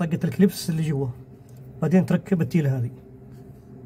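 On a 2018 Tahoe that is having its spark plugs changed and an injector cleaned because of a misfire (P0300, P0208 cylinder 8 injector), the fuel pipe's quick-connector lock is being handled for fitting onto the mechanical high-pressure fuel pump, with its retaining tab to follow. Someone talks throughout, with quiet pauses between phrases. Nothing has seated or clicked yet.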